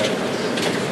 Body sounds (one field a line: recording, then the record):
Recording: background sound without coughing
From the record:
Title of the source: Office Sounds Ambience - Background Noise for Study and Work